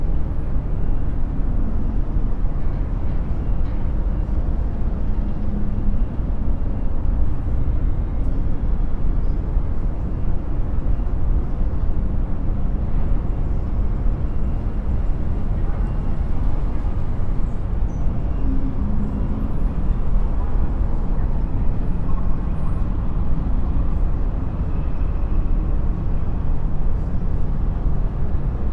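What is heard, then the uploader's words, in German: Skyline city sound: a dense, steady low rumble like continuous traffic that holds an even loudness for the whole half minute. Faint low humming tones surface briefly now and then, with little change in the overall wash. Geräusche aus der Skyline mit Delta-Binauraltönen. 20 Stockwerke über der belebten Stadtszene.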